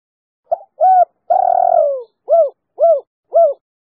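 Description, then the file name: Spotted dove hoots in a steady series: a brief hoot, a fuller hoot and a long drawn-out falling note, followed by three evenly spaced short arched hoots. "tieng-cu-gay-3-hau"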